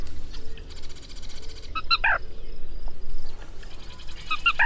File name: Canto da sana preta